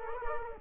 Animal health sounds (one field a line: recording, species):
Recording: mosquito wingbeat signal from an infrared sensor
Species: Culex quinquefasciatus